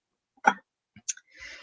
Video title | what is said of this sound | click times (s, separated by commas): Making a DSP Folded Points Card with Countryside Inn DSP! | and let's see if we got it this time yes we got a nice little click okay so | 0.5 s